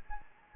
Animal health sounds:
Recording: mosquito wingbeat signal from an infrared sensor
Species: Anopheles gambiae

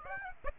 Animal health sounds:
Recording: mosquito wingbeat signal from an infrared sensor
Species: Aedes aegypti

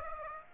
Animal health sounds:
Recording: mosquito wingbeat signal from an infrared sensor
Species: Aedes aegypti

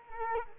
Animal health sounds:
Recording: mosquito wingbeat signal from an infrared sensor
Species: Culex quinquefasciatus

